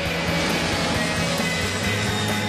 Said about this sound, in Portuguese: anote quantas vezes você ouve passar o avião do Estádio 97